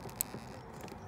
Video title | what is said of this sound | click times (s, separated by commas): Crank position sensor CPS replacement - SLK R270 Restoration Video 12 | Heard it click. | 0.2 s